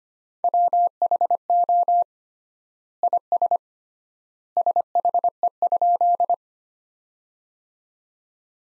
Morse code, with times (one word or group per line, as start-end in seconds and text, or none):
0.4-2.0 WHO
3.0-3.6 IS
4.6-6.3 SHE?